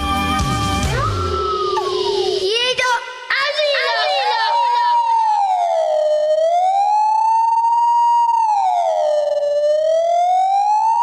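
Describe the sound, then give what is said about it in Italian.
A loud alarm siren wails steadily, its pitch rising and falling in slow waves, after a brief opening jumble of chaotic sweeping tones. “Allarme, allarme! Ma quale allarme?”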